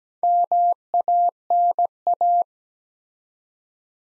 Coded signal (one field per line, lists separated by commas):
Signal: Morse code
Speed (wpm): 17 wpm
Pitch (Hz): 700 Hz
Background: none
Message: MANA